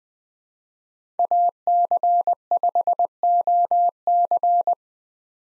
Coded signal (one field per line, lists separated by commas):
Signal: Morse code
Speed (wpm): 20 wpm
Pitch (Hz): 700 Hz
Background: none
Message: AC5OC